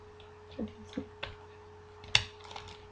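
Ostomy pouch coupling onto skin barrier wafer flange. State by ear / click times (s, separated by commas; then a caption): seated / 2.2 s. A two-piece Hollister ostomy pouch's plastic coupling ring is pressed onto the floating flange of a skin barrier wafer. Soft handling rustles and small taps lead up to a sharp clip at 2.2 s, showing that the pouch has seated on the flange. Since it sometimes clips on without any snap, all the sides still need to be checked.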